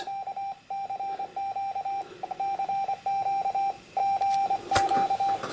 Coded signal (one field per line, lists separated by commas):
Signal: Morse code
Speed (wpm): 26 wpm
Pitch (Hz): 790 Hz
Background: radio noise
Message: KCQ CQ GQ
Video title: Shack Tour - Current radios